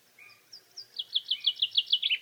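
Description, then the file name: Common chaffinch song: a few thin high notes, then a fast run of repeated descending strokes. "Fringilla coelebs"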